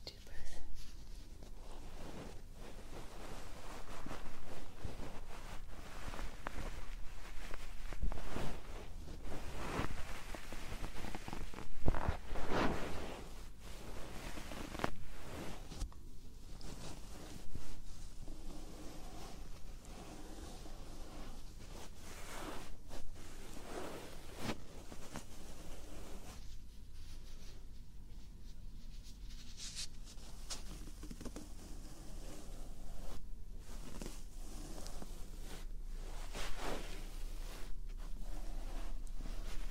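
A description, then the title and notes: Ear brushing and tapping fill the recording with a dense, continuous rustle broken by quick soft taps and flutters that come several times a second. The level stays fairly even throughout, over a steady low hum underneath. Ear brushing. Ear tapping. Finger Flutter.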